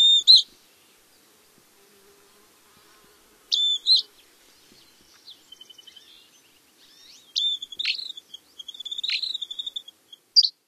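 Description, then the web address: Dusky flycatcher calls: short sharp high notes at the start and near four seconds, then two emphatic notes around seven and nine seconds with faint twittering between, and a final short note. "Songs of Birds of North America Stokes. Dusky Flycatcher"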